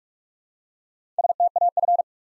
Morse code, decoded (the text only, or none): STAF